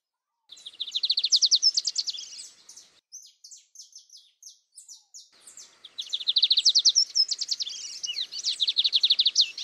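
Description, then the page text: Lined seedeater singing a rapid, buzzy trill of high repeated notes, breaking into spaced sharp chips, then resuming the dense fast trill. "BIGODINHO (Sporophila Lineola)"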